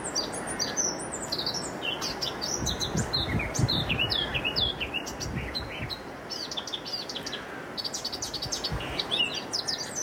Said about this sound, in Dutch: Onze columnist Hans Sibbel, die kort geleden overigens een comeback aankondigde van het vermaarde cabaretduo Lebbes en Jansen, hou ze in de gaten, staat verbaasd van de zangkwaliteit van de zwartkop bij hem in de braamstruik.